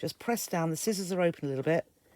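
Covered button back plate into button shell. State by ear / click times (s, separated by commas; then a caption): not seated / none. Someone talks while pressing the back half of a fabric-covered button, slid over the shank, down onto the metal shell using slightly open scissors. Nothing has seated or clicked yet; the back plate has not snapped onto the shell.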